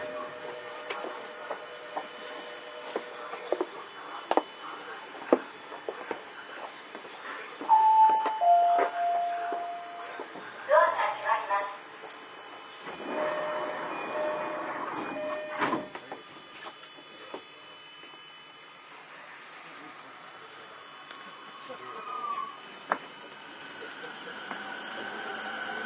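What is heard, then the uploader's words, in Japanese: A Toei 10-300 series train running, with a steady low rumble and frequent clicks and rattles. Short pitched tones sound around 8–9 seconds, louder rushing, rattling stretches follow near 10–12 and 13–15 seconds, and a brief tone appears near 22 seconds. 都営10-300形(3次車) 新線新宿〜高尾山口。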